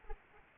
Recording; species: mosquito wingbeat signal from an infrared sensor; Anopheles arabiensis